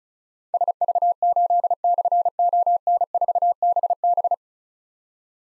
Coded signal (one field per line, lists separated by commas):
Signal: Morse code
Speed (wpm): 36 wpm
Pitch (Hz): 700 Hz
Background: none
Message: SV8/ON4BB